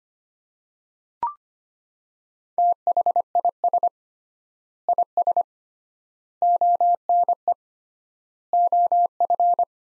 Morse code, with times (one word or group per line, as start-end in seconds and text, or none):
2.6-3.9 THIS
4.9-5.4 IS
6.4-7.5 ONE
8.5-9.6 OF